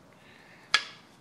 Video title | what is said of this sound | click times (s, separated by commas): How To Build a Chevy 383 Stroker - Part 1: Block & Crank | till you hear that click and then thread them forward | 0.7 s